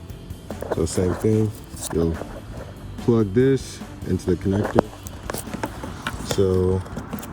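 A new smoked Raxiom Axial Series LED side marker for a 2014-2019 Corvette is being handled, with its wiring plug about to go into the vehicle's harness connector. Someone talks while short handling sounds and light taps are heard. Nothing has seated or clicked yet.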